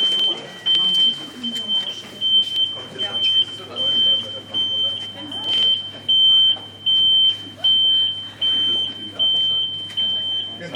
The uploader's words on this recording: Boarding at Schiphol Airport, everyone tries to ignore the beep by roelven.